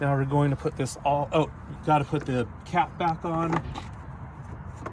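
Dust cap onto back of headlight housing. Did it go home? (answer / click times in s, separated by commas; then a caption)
yes / 4.9 s. Someone talks while putting the plastic dust cap back onto the rear of the headlight housing of a 2004 Saturn Ion, twisting it a few degrees during a headlight bulb replacement. A single sharp click is heard at 4.9 s as the cap seats and is confirmed on.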